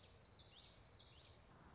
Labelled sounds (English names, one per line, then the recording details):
Common Yellowthroat
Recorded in Sonoma County, California